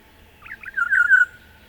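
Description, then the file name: Olive-backed oriole call: a brief burst of liquid, gurgling notes that settle into a level, fading whistle. "Oriolus Sagittatus"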